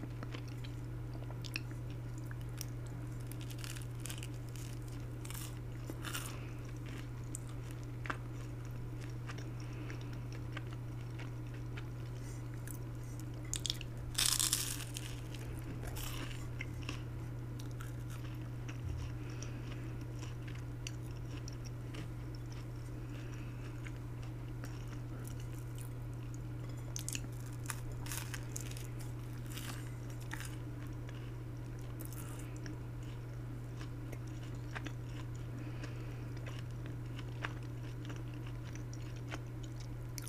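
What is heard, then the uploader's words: Quiet chewing and biting of buttered toast over a steady low hum, with scattered crisp crunches and a louder burst near fourteen seconds. ASMR Eating - Buttered Toast with Grapefruit Juice and Chia Seeds. Buttered white toast sprinkled with Kosher salt and nutritional yeast.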